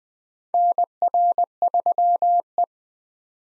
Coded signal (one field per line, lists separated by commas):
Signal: Morse code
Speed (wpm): 20 wpm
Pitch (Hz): 700 Hz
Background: none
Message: NR3E